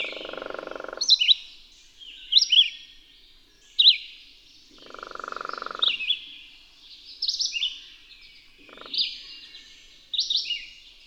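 Bird song as repeated high, quick warbled phrases; a lower buzzing, rattling burst sounds three times underneath, near the start, middle and later.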